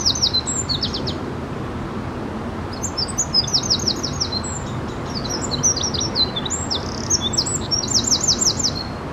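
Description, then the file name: Eurasian wren song in two bursts: a brief high trill, a short pause, then a longer string of piercing notes and quick rattles, over steady low noise. "Troglodytes troglodytes"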